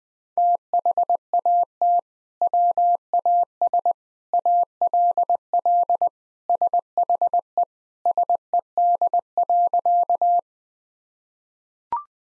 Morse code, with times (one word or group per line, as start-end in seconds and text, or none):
0.4-2.0 THAT
2.4-3.9 WAS
4.3-6.1 ALL
6.5-7.6 SHE
8.1-10.4 SED.